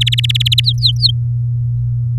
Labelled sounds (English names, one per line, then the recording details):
Domestic Canary song
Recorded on 4 May 2018 at 14:55
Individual llb16